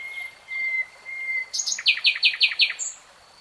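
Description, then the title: Nightingale song opening with long, pure, level whistles, then a rapid run of five or six loud, repeated, chopped notes. Singing; from a 3-hour real-time recording. "[Tiếng chim hót] 3 Hours REALTIME Nightingale Singing"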